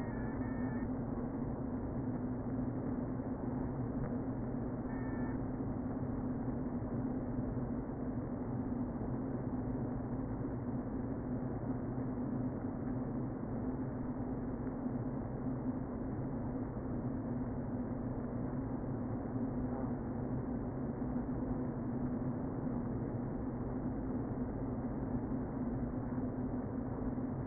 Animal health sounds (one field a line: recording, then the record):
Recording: honeybee colony, microphone inside the hive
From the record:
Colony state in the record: queen present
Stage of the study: before two queens were removed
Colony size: about 60,000 bees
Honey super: yes